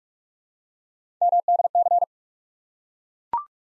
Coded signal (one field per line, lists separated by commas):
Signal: Morse code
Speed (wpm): 42 wpm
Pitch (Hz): 700 Hz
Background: none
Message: MDC